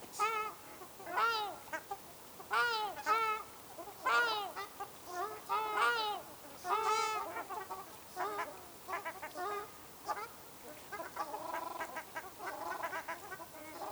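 Ruddy shelduck calls, a series of loud nasal honks at irregular intervals, then quieter, faster calls near the end.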